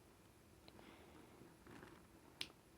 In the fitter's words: there we go satisfying click